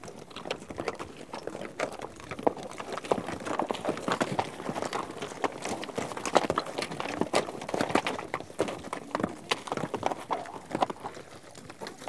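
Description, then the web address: Horses moving in a group, with dense, overlapping hoof clops and rattling steps that keep up a busy, uneven patter throughout. A herd of horses out on trek. "BBC Sound Effects Library - Horses Herd of horses out on trek"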